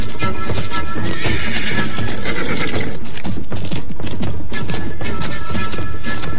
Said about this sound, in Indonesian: Tunggul, kuda sakti yang disebut-sebut sebagai kuda setan di sekitar Bukit Tunggul, menginjak-injak ular-ular yang bertebaran